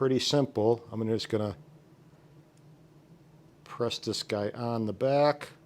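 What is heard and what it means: A small ND filter is being handled and pressed onto the back of a mini drone's gimbal camera, and its plastic prongs have not yet clipped on. Someone talks, with a quiet pause in the middle. Nothing has seated or clicked yet.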